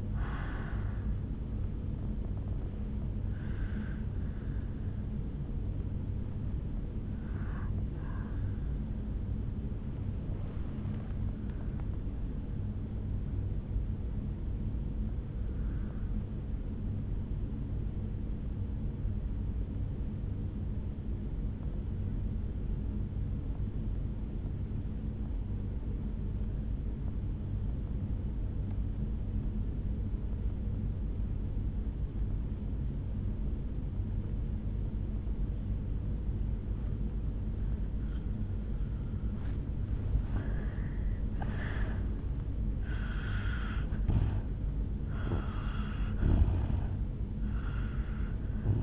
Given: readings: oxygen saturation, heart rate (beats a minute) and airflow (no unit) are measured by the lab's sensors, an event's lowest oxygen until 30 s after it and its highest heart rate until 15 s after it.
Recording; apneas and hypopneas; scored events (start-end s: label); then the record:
breathing in sleep by a smartphone at the bedside; 1
9.00-39.70 s: obstructive apnea (N1, oxygen 98% highest, then 84% lowest, heart rate 57 at the start, 74 highest)
15.00-48.83 s: new sleep stage, N2 (light sleep)
From the record:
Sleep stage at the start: N1 (lightest sleep); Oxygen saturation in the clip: 81 to 98%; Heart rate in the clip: 57 to 81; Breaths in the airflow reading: 5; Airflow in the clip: -10.1 to 6.7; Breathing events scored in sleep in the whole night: 449 in 7.0 hours asleep